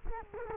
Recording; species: mosquito wingbeat signal from an infrared sensor; Culex quinquefasciatus